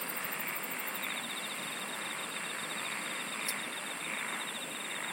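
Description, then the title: Insects sing in a constant high drone with a rapid ticking trill and brief pulsed bursts at the very top, plus one sharp click midway. "SINGING OF INSECTS"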